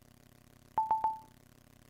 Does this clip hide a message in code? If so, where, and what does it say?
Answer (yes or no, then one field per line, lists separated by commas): no